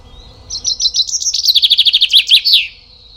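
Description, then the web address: Common chaffinch song: a bright series of rapid repeated phrases ending in a short flourish, lasting about two seconds against a quiet background. "Deverinetal"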